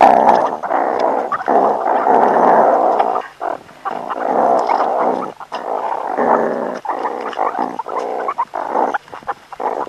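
Meerkat rough, throaty growls in pulsing bursts with brief gaps, keeping a harsh rasping quality throughout.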